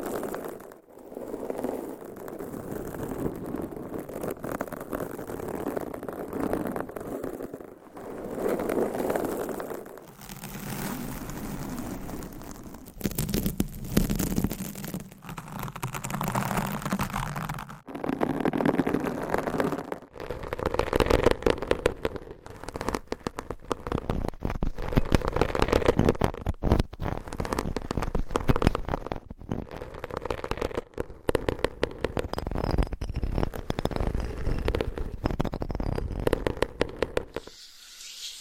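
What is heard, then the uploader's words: Long nails scratch against microphones in dense, rough bursts, crackly and full from low rumble to bright hiss. The first twenty seconds come in slower swelling strokes with brief pauses; after that the scratching turns faster and choppier, with sharp scrapes until a sudden stop near the end. ASMR Mic Scratching Brain Scratching with 20 MICS & XXL ULTRA LONG NAILS No Talking.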